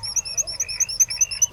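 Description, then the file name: Black guillemot piping in a fast series of high, thin whistled notes over a fainter, lower drawn-out whistle. "Gryllteiste"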